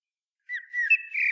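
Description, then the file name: Common blackbird call: a brief dipping whistle, then a longer thin note stepping slightly higher and holding steady. "Turdus merula"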